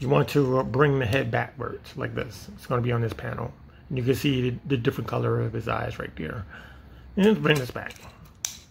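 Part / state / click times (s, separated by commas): plastic head section of a transforming robot toy locking into its body panel / seated / 8.5 s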